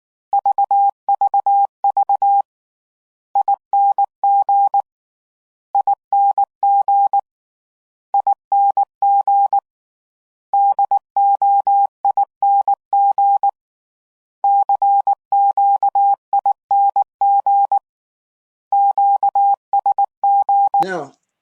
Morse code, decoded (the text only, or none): VVV ING ING ING DOING CQING QSG